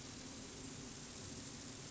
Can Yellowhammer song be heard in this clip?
no